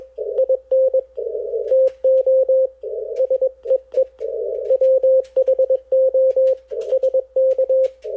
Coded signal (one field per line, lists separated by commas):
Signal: Morse code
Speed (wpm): 20 wpm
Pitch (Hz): 530 Hz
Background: none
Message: IN TO SEE WHO SK